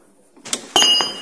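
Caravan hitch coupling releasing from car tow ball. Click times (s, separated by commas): 0.5 s, 0.8 s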